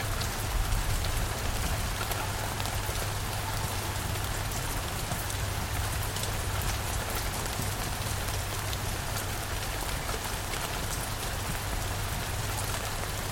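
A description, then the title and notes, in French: Steady night rain falls without pause, a dense, even hiss of drops striking surfaces with small bright ticks scattered throughout. A constant low rumble sits underneath, and the loudness barely changes across the whole stretch. L’orage de pluie nocturne avec le tonnerre lointain.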